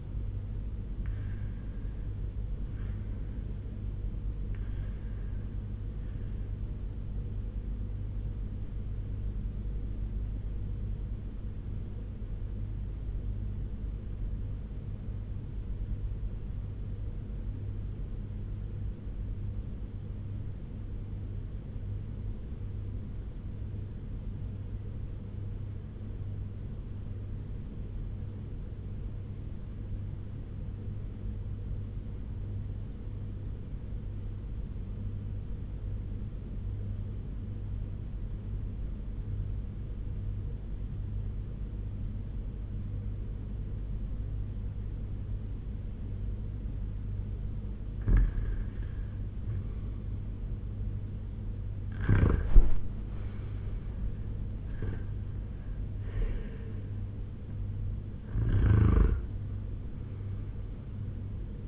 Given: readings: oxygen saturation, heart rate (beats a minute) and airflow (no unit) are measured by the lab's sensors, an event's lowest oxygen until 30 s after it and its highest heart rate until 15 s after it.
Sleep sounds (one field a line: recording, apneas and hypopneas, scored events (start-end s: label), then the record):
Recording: breathing in sleep by a smartphone at the bedside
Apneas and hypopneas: 1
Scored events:
14.00-46.70 s: obstructive apnea (REM, oxygen 97% highest, then 82% lowest, heart rate 91 at the start, 95 highest)
From the record:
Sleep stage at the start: REM sleep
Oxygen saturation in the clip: 80 to 97%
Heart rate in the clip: 85 to 95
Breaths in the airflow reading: 6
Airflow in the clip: -8.5 to 6.0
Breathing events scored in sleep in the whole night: 201 in 6.5 hours asleep